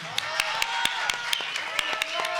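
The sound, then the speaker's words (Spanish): Thin, scattered audience applause for the maestro: about a dozen sharp, separate claps at an uneven pace, fairly quiet, over a steady low hum and faint background murmur. “No se escuchó el aplauso para el maestro.”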